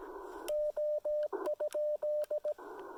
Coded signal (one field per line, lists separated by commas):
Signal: Morse code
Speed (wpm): 18 wpm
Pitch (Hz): 600 Hz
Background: radio noise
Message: O?